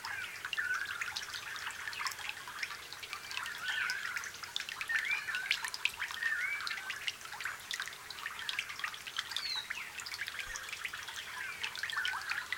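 Dense, steady dripping and trickling fill a forest after rain, bright rapid drops pattering constantly with a faint low hum beneath.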